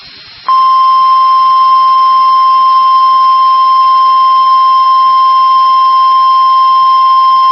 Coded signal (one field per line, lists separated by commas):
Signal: Emergency Alert System (SAME) tones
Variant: 1050 Hz attention tone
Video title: EAS: Flash Flood Warning